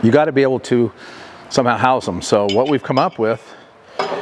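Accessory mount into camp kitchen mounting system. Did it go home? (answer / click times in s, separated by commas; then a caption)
yes / 4.0 s. An accessory mount is fitted into a camp kitchen's new mounting system while someone talks. One sharp click is heard at 4.0 s as the mount seats in place.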